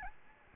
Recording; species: mosquito wingbeat signal from an infrared sensor; Aedes albopictus